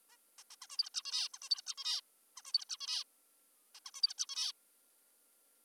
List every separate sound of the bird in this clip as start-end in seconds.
0.10-0.18, 0.38-0.44, 0.51-0.56, 0.62-0.67, 0.70-0.77, 0.78-0.90, 0.94-1.02, 1.05-1.28, 1.34-1.38, 1.42-1.49, 1.50-1.62, 1.66-1.75, 1.78-2.00, 2.37-2.42, 2.45-2.52, 2.54-2.65, 2.69-2.77, 2.80-3.04, 3.75-3.80, 3.86-3.91, 3.94-4.02, 4.03-4.14, 4.18-4.26, 4.29-4.52